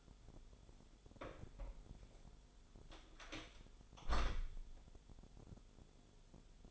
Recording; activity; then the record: daily activity, microphone in the room; close door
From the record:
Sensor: 5